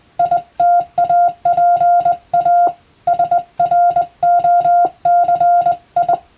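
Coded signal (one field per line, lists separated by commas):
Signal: Morse code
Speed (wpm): 20 wpm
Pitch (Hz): 700 Hz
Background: none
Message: ITAPA SROCI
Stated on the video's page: Morse reception practice for Japanese radiotelegraph operator exam, using European-language telegram practice texts.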